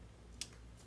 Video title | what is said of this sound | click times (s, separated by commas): Honda Pilot, Odyssey, Ridgeline 3.5L Timing Belt and Water Pump Replacement (Complete Guide) Part 2 | i hope you can hear the torque wrench click so this one is tight already | 0.4 s